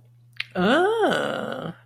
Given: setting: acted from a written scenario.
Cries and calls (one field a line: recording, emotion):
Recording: vocal sound without words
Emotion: positive surprise